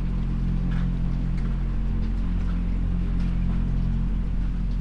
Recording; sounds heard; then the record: poultry house recording; sick chickens (respiratory disease)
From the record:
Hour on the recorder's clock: 23